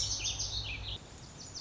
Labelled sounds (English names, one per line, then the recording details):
Lazuli Bunting
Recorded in Sonoma County, California